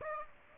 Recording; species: mosquito wingbeat signal from an infrared sensor; Aedes aegypti